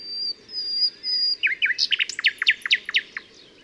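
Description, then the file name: Common nightingale song opening with long pure whistles, then a quick series of sharp descending notes repeated in a lively rhythm. "Luscinia megarhynchos"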